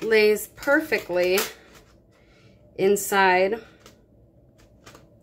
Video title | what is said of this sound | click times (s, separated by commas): Create Your Own Pattern Paper//Double Page Layout | here it just kind of snaps into place so | 4.9 s